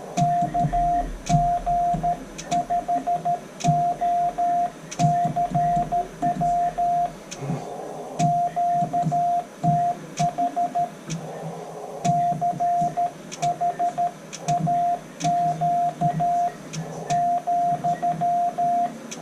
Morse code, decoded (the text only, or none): KG5OCW QTH CHAQ ,